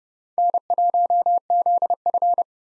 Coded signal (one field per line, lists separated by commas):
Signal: Morse code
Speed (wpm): 30 wpm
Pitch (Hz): 700 Hz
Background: none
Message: N1ZF